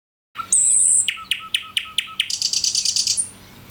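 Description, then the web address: Bird calls: a sustained high whistle, then six sharp descending chirps about every quarter second, followed by a dense high buzzy trill. "Chika Pengusir-Hama-Burung-Otomatis. bird Recording 3"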